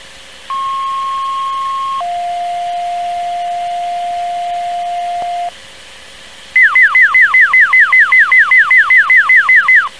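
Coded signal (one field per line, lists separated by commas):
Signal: two-tone page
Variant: Plectron receiver alert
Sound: steady tone about 1.5 s, lower tone about 3.5 s, then fast repeating downward-sweeping warble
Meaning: Sequential two-tone page activating a receiver, followed by its alert tone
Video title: Plectron Tones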